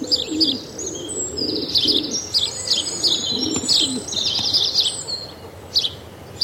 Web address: House sparrow, several birds calling with feral pigeon